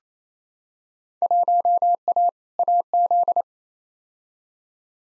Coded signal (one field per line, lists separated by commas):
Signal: Morse code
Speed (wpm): 28 wpm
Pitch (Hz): 700 Hz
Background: none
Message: 1A AZ